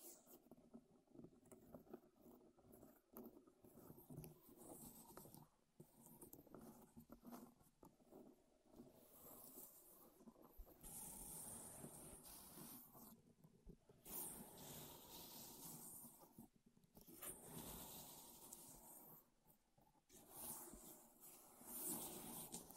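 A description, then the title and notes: Wood triggers: dense scratching and tapping on wood, crackling with many small clicks. The sound swells into brighter, rasping bursts after about ten seconds, broken by short pauses near 14, 17 and 20 seconds, with a soft low rumble underneath throughout. ASMR Wood Triggers in Your Ears (No Talking).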